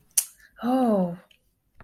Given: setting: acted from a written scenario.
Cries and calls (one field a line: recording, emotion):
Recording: vocal sound without words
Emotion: guilt